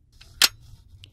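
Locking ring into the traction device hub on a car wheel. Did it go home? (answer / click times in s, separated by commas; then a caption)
yes / 0.4 s. The locking ring of a snow traction device is turned into the steel hub mounted on a car wheel, with a faint tick at 0.2 s before a loud, sharp click at 0.4 s. A small, bright tick follows near 1.0 s. The ring is locked into the hub.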